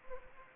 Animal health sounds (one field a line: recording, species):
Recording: mosquito wingbeat signal from an infrared sensor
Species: Anopheles gambiae